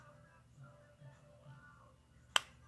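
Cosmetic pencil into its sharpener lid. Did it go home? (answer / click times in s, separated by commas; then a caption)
yes / 2.4 s. An extended, dull cosmetic pencil is turned inside its plastic lid, which has a built-in sharpener, over a quiet, low background hum. A single sharp, bright click sounds at 2.4 s as the lid seats on the pencil.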